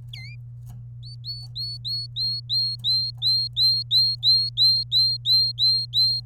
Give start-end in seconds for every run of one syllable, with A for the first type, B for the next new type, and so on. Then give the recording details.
0.13-0.35 A, 1.02-6.20 B. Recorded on 27 April 2018 at 12:26. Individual llb3